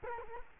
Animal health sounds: mosquito wingbeat signal from an infrared sensor; Culex quinquefasciatus

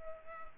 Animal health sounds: mosquito wingbeat signal from an infrared sensor; Culex pipiens

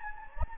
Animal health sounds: mosquito wingbeat signal from an infrared sensor; Anopheles gambiae

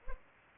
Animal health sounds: mosquito wingbeat signal from an infrared sensor; Culex pipiens

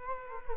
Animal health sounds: mosquito wingbeat signal from an infrared sensor; Culex quinquefasciatus

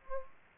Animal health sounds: mosquito wingbeat signal from an infrared sensor; Anopheles gambiae

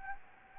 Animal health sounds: mosquito wingbeat signal from an infrared sensor; Anopheles gambiae

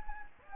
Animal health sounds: mosquito wingbeat signal from an infrared sensor; Anopheles gambiae

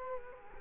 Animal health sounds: mosquito wingbeat signal from an infrared sensor; Culex quinquefasciatus

